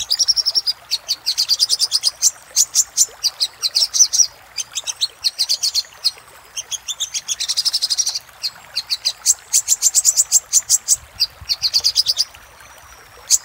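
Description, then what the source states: Little spiderhunter song, long sequence of sharp high notes in rapid bursts and trills with short silences between. Used for training cage birds.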